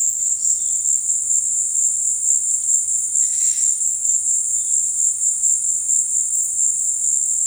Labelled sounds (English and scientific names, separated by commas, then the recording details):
none
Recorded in dense forest near Puerto Asís, Putumayo, Colombia, on 20 February 2024 at 14:30
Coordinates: 0.472, -76.329
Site G6394